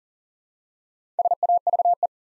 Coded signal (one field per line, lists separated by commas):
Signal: Morse code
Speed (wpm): 38 wpm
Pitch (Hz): 700 Hz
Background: none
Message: SAVE